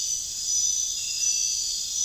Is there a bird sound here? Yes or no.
no